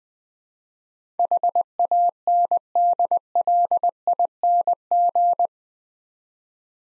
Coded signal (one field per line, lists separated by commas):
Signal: Morse code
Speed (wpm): 20 wpm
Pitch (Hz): 700 Hz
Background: none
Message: HANDLING